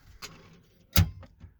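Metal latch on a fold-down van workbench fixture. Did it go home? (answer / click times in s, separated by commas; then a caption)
yes / 1.0 s. A metal latch on a fold-down van workbench fixture is pushed closed. It gives a sharp metallic snap at 0.9 s, with a fainter tick around 1.2 s. The latch clicks and locks into place.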